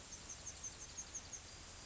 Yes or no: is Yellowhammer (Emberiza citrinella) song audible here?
yes